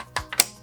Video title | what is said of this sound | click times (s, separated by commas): Rainbow Vacuum Tools Falling Off? Friction Fit & Button Lock Guide - GreatVacs | push it on push down the button lock and keep pushing a tool till you hear it click like that | 0.2 s, 0.4 s